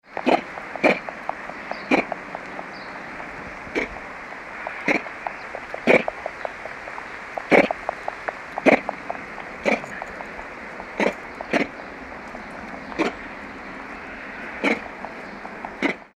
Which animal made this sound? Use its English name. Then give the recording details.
Patas Monkey. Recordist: Tembrock, Günter. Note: Kurzlaute eines Weibchens